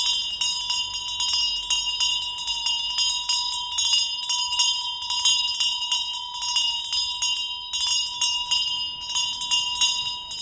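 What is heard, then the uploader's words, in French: A handbell is shaken continuously in the street, its bright ringing tones overlapping in a dense, steady jangle throughout, with a faint low rumble beneath. Rémouleur. Il agite sa clochette dans la rue pour alerter les clients.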